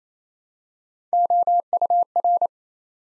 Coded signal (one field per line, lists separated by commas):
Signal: Morse code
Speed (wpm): 29 wpm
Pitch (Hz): 700 Hz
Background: none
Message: OUR